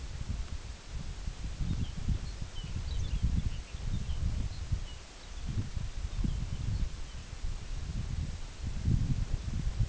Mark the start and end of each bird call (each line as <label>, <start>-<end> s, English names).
Lapland Longspur, 1.48-7.46 s